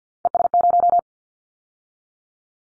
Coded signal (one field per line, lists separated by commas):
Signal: Morse code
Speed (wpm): 48 wpm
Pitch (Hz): 700 Hz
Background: none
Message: ES0